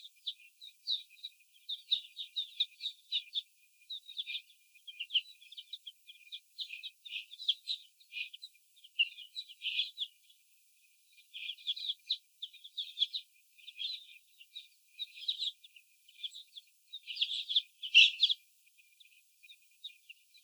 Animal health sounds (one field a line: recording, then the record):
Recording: young laying hens in a cage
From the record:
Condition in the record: before the stressor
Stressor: sudden umbrella opening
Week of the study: 2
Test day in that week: 1